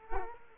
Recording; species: mosquito wingbeat signal from an infrared sensor; Culex quinquefasciatus